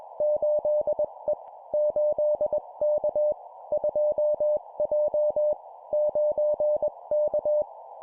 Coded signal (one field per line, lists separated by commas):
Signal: Morse code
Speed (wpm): 21 wpm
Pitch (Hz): 600 Hz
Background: none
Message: 8E 8K 2J 9K